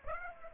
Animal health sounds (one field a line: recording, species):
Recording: mosquito wingbeat signal from an infrared sensor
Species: Aedes aegypti